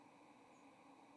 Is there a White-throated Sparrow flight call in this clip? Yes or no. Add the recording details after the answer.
no. Another species' flight call is heard. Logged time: 07:14 on 30 October 2014